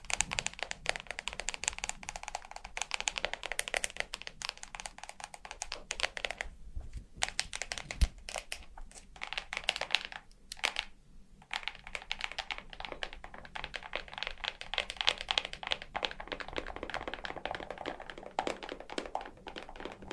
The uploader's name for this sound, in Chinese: 指甲敲击